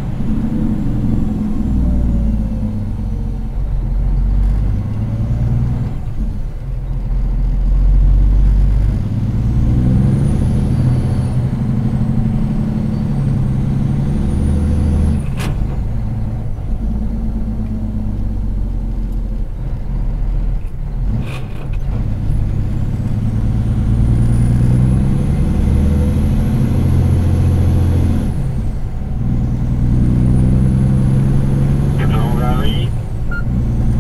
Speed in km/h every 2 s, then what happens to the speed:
26, 17, 24, 27, 29, 36, 38, 45, 40, 34, 28, 30, 35, 39, 40, 45, 47.
0-3 slows to 17. 3-14 speeds up to 45. 14-21 slows to 28. 21-34 speeds up to 47.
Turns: 3-10.